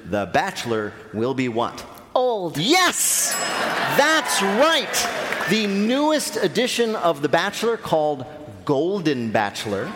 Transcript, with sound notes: The bachelor will be what?
Old.
Yes.
(SOUNDBITE OF BELL)
That's right. The newest edition of "The Bachelor," called "Golden Bachelor"...